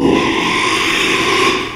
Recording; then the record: squeal of a Yucatan mini pig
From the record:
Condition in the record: after surgery on the right vocal fold (resection and tissue-engineered implant); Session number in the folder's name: 1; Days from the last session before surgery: 6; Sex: male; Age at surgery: 12 weeks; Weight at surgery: 13 kg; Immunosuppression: cyclosporine, prednisolone